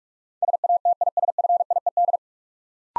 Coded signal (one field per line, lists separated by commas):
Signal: Morse code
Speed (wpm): 44 wpm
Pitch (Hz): 700 Hz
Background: none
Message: SATISFIED